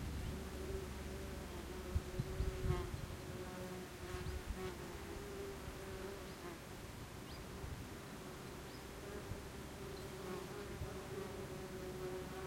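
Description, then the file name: Wasp buzzing, a continuous low drone with slight wavering, a few brief louder rustles near the start, and soft background noise. Wasps recorded in Radevormwald, Germany. "Radevormwald - Wespen"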